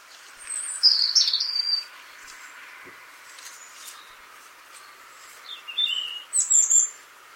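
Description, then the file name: European robin song, a high warbled phrase early on, a quiet stretch, then another run of twittering notes. "Erithacus rubecula"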